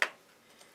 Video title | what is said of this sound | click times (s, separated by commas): Happy Halloween (I built a pc!) | until you hear a little click | 0.0 s